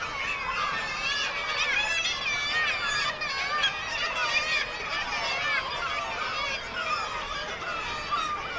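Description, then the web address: Black-legged kittiwake chorus: strident, wavering cries from many birds, overlapping continuously, with some calls briefly louder than the rest. "Black legged kittiwake. صدای-پرنده-کاکایی-پاسیاه"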